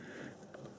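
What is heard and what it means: A flat-head screwdriver is twisted in the locking tab of a plastic electrical connector for the horn and earth wiring on the front bumper harness of an Audi A6/S6/RS6 (C5, 1997–2005), unlocking it. Over a low, steady background, a short, sharp click sounds at about 0.6 s, and the connector is released.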